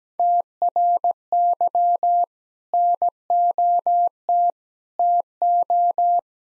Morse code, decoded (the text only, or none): TRY NOT TO